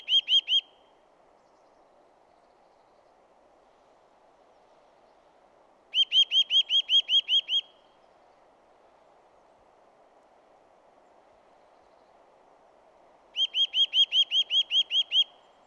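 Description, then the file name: Eurasian nuthatch repeating bursts of several rapid piping notes, separated by roughly six seconds of quiet with only a low hum. "Sitta europaea"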